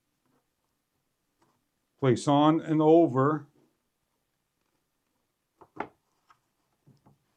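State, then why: Not seated. A plastic belt cover is placed over the brush roll and replacement belt (part 3031120) on the underside of a Bissell Powerforce Helix upright vacuum cleaner, lined up on its notches to be pressed down. Someone talks briefly, then after a pause a few faint plastic taps and handling clicks are heard from about 5.6 s to 7.1 s. Nothing has seated or clicked into place yet.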